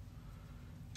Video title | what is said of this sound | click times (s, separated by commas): Week 18 with the Medtronic 770g | you heard that little click that was the needle withdrawing into this so that way you don't have to worry about sticking yourself | 1.0 s